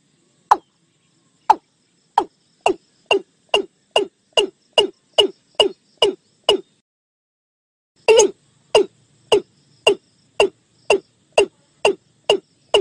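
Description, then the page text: Watercock giving hollow knocking notes in two long series separated by a pause, against a quiet background. Lure call used to attract the watercock; background noise removed from the recording. "เสียงนกอีลุ้ม (นกตูม), เสียงต่อนกอีลุ้ม"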